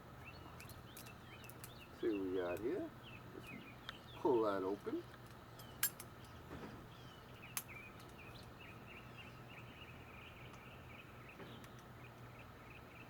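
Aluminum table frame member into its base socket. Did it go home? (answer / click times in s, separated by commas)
no / none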